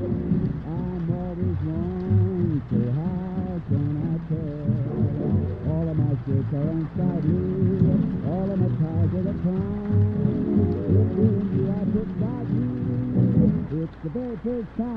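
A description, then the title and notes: Older-style music plays muffled from another room, a sung melody with gliding, wavering notes over steady low accompaniment that runs the whole time. The sound is dull and distant with little brightness. A soft, even patter of rain sits underneath. Oldies music playing in another room and it's raining.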